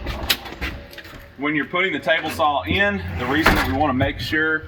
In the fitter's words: And the bottom legs, you pull up on this lever and lock those into place.